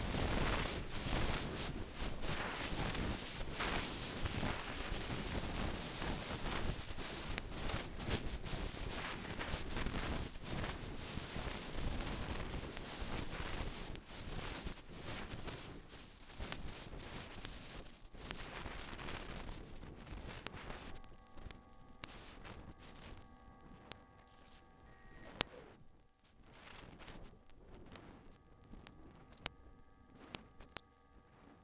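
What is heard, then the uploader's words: A recording of the sound field high in the stratosphere: for about twenty seconds a dense, rushing hiss fills everything from low rumble to bright top. Then it thins out, leaving faint steady tones in the middle range, punctuated by sharp isolated clicks near 25, 29 and 31 seconds. High Altitude Student Platform Sound - 100x. Placed infrasound (below audible frequency sound) microphones 22 miles above the Earth in order to quantify the acoustic wavefield of the stratosphere. The sound files featured here have been sped up by 100 times to bring the signals into audible range.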